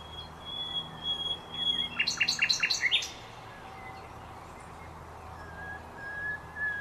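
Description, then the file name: Common nightingale song: a pure whistle, then a rapid burst of several sharp repeated notes, with fainter phrases afterwards. "Luscinia megarhynchos"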